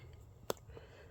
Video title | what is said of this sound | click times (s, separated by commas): Change temperature sensor on GMC Acadia, Chevrolet, Buick or GM vehicles, easy way. | push it in and you'll hear a click | 0.5 s